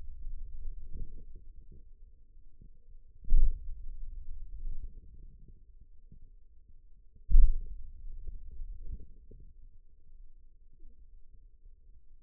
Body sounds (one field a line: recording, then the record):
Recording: forearm muscle sounds (acoustic myography)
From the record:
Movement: hand opening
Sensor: system 2, bracelet of six BSWA MPA416 microphones around the upper forearm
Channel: 4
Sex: male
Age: 22 years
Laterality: right